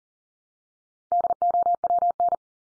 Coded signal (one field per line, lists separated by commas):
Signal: Morse code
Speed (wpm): 40 wpm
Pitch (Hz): 700 Hz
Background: none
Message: DOWN